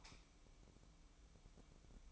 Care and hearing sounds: daily activity, microphone in the room; light off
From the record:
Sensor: 1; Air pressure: 1008.0 hPa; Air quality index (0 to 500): 126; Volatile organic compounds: 2 ppm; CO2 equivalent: 1063 ppm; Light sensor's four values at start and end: 9/21/8/9 and 9/21/8/9

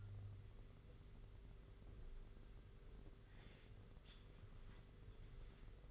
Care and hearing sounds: daily activity, microphone in the room; wipe stove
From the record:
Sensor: 4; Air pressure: 991.3 hPa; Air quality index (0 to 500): 146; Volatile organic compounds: 79 ppm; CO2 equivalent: 3598 ppm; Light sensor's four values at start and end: 25/82/30/32 and 25/82/30/31

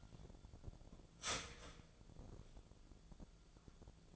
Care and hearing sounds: daily activity, microphone in the room; start toaster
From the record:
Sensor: 5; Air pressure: 1000.3 hPa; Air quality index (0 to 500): 130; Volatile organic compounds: 2 ppm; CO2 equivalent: 1025 ppm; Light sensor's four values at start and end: 80/188/80/86 and 80/187/80/86

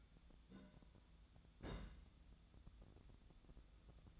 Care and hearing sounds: daily activity, microphone in the room; place on stove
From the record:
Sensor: 3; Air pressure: 1010.0 hPa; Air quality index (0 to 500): 184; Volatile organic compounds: 13 ppm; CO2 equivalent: 2405 ppm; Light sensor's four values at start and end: 42/104/45/48 and 42/104/45/48

